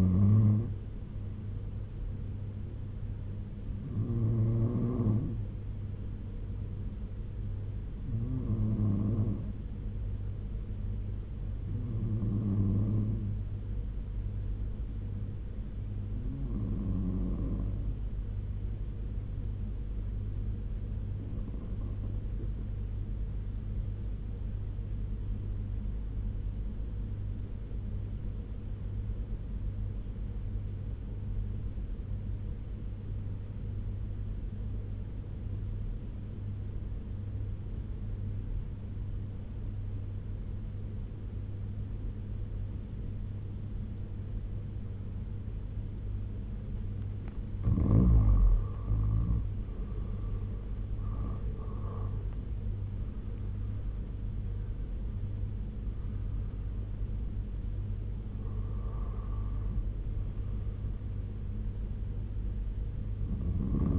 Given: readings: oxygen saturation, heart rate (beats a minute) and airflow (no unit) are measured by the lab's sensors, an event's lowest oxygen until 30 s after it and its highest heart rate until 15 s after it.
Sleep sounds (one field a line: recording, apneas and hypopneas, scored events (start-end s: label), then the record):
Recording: breathing in sleep by a smartphone at the bedside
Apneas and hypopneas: 1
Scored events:
25.00-47.00 s: obstructive apnea (N2, oxygen 94% highest, then 81% lowest, heart rate 73 at the start, 83 highest)
From the record:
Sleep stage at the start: N2 (light sleep)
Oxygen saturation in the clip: 81 to 95%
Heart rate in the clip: 62 to 83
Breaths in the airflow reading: 9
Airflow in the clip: -9.3 to 9.9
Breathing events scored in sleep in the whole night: 201 in 6.5 hours asleep